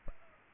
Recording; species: mosquito wingbeat signal from an infrared sensor; Culex pipiens